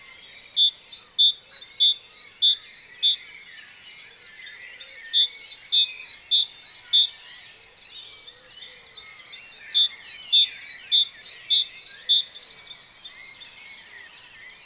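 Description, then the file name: Great tit repeating a sharp, whistled note in three bouts separated by brief lulls, with background bird chatter throughout. "Parus major"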